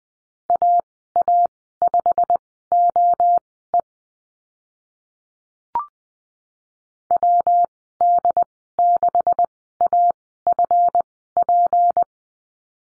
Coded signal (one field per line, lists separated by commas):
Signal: Morse code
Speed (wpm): 21 wpm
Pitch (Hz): 700 Hz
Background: none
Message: AA5OE WD6AFP